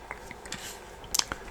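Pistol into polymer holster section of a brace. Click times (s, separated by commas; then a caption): 1.2 s. A pistol is slid into the polymer holster section of a brace assembly and locks into place, holding fairly securely. A few faint scrapes and taps lead up to a sharp click at 1.2 s, followed by a smaller tap at 1.3 s.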